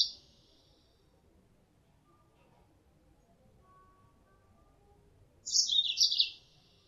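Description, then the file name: Mozambique canary: a clipped chirp at the start, then a long silence and one rapid high twittering burst. Female; lure sound. "suara pancingan mozambik betina"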